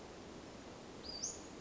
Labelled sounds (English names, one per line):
Western Flycatcher